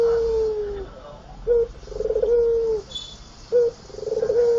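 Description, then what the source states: Barbary dove calling: a long low coo fades out. Brief clipped notes then alternate with rolling, burring coos that flatten into a sustained tone. White Barbary dove; training recording (masteran) made for teaching songbirds.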